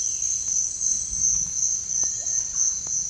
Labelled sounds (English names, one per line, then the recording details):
none
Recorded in dense forest near Puerto Asís, Putumayo, Colombia, on 21 December 2024 at 06:30
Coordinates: 0.468, -76.322
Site G071